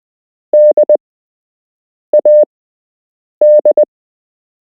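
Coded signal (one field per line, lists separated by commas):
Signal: Morse code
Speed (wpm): 20 wpm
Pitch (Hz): 600 Hz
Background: none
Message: DAD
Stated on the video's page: Beginner Morse code lesson with real Morse code to learn, part 1 of 8.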